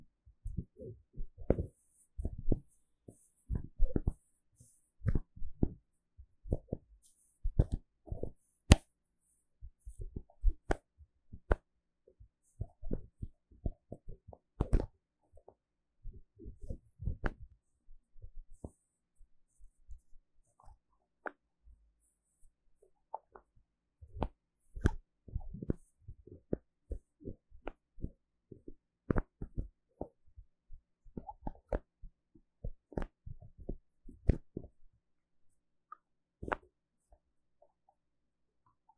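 Bottles and jars are tapped and handled, with bottle caps clicking and twisting. Short, sharp taps and soft low knocks come in irregular bursts throughout, some quick clusters, some single louder clicks, with near-silent gaps between and a faint high hiss early on.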